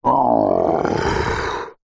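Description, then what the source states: Taigan dog growling, one harsh rasping snarl that starts abruptly, holds steady for under two seconds, then cuts off. Angry, aggressive growl of a Taigan dog.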